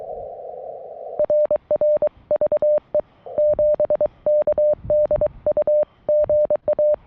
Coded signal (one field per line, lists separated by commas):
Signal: Morse code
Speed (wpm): 23 wpm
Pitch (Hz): 600 Hz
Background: none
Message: RR VE7KDU GA